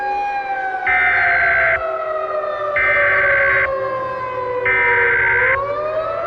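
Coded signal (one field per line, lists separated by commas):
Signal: Emergency Alert System (SAME) tones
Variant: header bursts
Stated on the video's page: Fictional EAS scenario using valid EAS tones.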